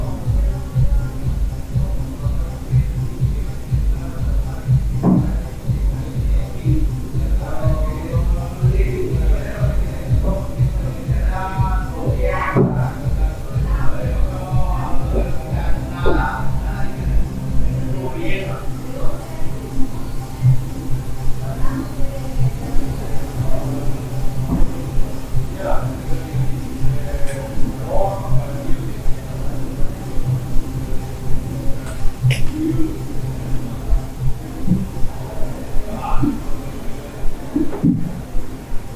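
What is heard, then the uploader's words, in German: Sounds from a hostel room in Central America: a steady low hum runs throughout, perhaps a fan or motor, with a rapid rhythmic rattle in the first twenty seconds. Muffled voices drift in, and occasional sharp knocks and clicks break through. Abenteuerliche Geräusche aus einem Hostelzimmer in Mittelamerika.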